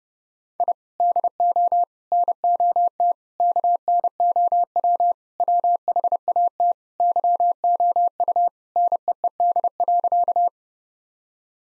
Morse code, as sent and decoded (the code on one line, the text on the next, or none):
.. / -.. --- / -. --- - / -.- -. --- .-- / .-- .... .- - / -.-- --- ..- / -. . . -.. .-.-.-
I DO NOT KNOW WHAT YOU NEED.